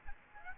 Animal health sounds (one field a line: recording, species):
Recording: mosquito wingbeat signal from an infrared sensor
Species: Aedes aegypti